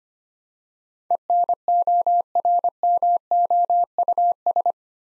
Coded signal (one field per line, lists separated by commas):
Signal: Morse code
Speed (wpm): 25 wpm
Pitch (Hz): 700 Hz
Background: none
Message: ENORMOUS